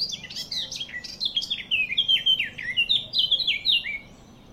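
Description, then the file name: Eurasian blackcap song, a fast, continuous warble of sweet, jumbled notes that stops abruptly just before the end. "Sylvia atricapilla"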